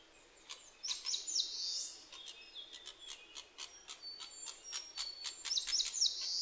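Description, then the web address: Narcissus flycatcher song, bright whistled phrases and sweeping high notes mixed with rapid clicky ticks, repeated over several seconds against a soft hiss. Fighting, recorded 10 May 2010 around 05:54. "kibitaki kenka 20100510 0554"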